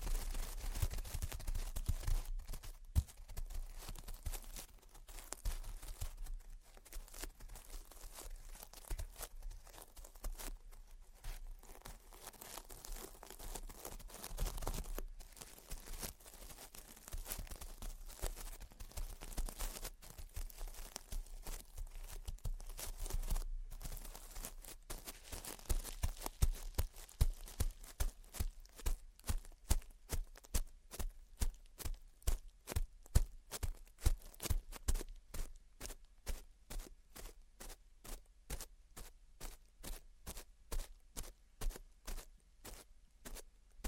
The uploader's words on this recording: Gentle Tapping and Scratching. (No Talking).